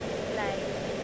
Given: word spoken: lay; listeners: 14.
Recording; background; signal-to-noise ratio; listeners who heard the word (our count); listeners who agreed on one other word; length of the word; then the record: one English word in noise, from a listening test; speech-shaped noise; -4.9 dB; 2 of 14; 7 of 14; 0.64 s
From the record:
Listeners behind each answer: 7, 2, 1, 1, 1, 1, 1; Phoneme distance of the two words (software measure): 7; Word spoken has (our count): 1 syllable, 2 phonemes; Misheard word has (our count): 1 syllable, 3 phonemes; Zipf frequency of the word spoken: 4.59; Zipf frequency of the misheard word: 5.69